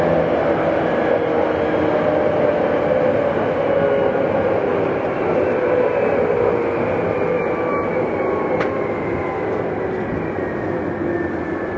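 A Tokyu 8500 series train runs steadily, its dense low rumble constant throughout. Faint whining motor tones drift slowly downward and back, and a single sharp click breaks through around eight and a half seconds.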